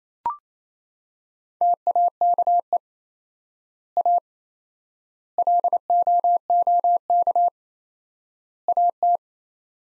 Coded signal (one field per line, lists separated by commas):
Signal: Morse code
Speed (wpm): 28 wpm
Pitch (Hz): 700 Hz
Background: none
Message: TAKE A LOOK AT